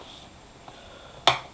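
Pressing continues along the bottom cover of an HP EliteBook 740 G5 laptop during a battery replacement, and another cover latch snaps into the chassis with a single sharp snap at 1.3 s. The latch seats home, with only quiet background before it apart from a faint tick near 0.7 s.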